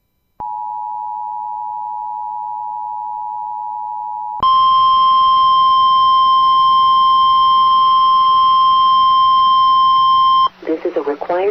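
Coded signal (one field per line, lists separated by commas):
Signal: Emergency Alert System (SAME) tones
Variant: 853 and 960 Hz attention tone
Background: speech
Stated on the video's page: NOAA Weather Radio weekly test SAME tones.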